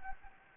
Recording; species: mosquito wingbeat signal from an infrared sensor; Anopheles gambiae